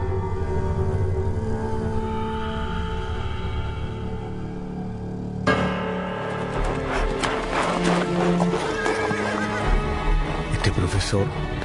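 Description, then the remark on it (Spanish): A horse whinnies over a steady backdrop, then a sudden burst of rapid, clattering hoofbeats takes over in a quick trotting rhythm as its rider urges it to trot before nightfall, with a voice speaking underneath. “A su caballo para sacarle el trote y llegar a terreno conocido antes que anocheciera.”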